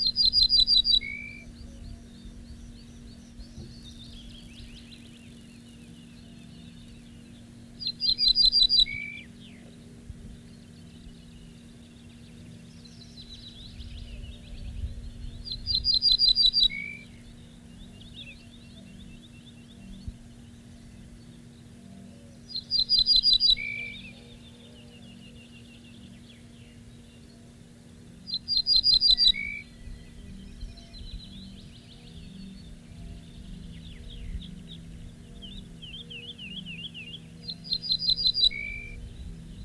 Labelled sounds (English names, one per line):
Ortolan Bunting song